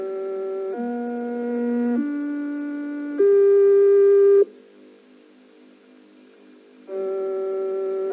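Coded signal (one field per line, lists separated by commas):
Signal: numbers station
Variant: G08 interval signal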